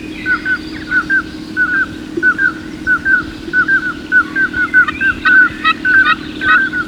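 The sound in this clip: Bird song: clear paired whistled notes repeated steadily. Bursts of higher chirping join near the end over a constant low hum.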